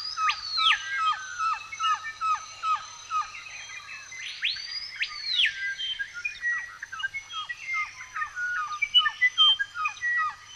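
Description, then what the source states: Birds chirping together: rapid repeated downslurred notes under sweeping arched whistles and many high twittering chips in a continuous chorus. Recorded in a forest.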